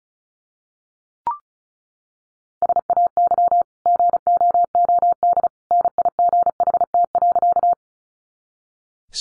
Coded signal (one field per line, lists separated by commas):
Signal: Morse code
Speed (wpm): 34 wpm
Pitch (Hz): 700 Hz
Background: none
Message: SAY GOOD NIGHT.